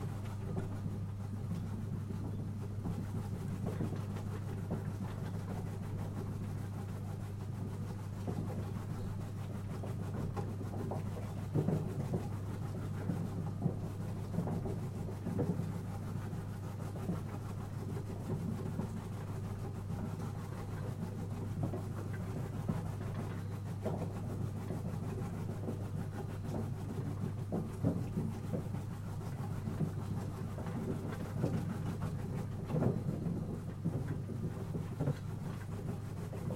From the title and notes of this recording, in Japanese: 機械音あり 切り干し大根作り。7℃\\-3℃ 晴れ。お昼過ぎ、洗った大根を千切り機で千切り大根にします。一人は大根を機械に入れ込む、一人は出てきた千切り大根をコンテナに受ける。